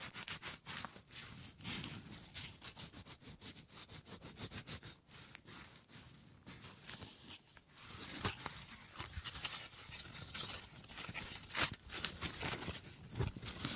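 Wood triggers: a dense run of short tapping, scratching and rubbing sounds on wood, closely packed with hardly a pause. The strokes come quick and uneven, with brief dips near the five- and eight-second marks, and sharper, brighter scrapes in the latter half.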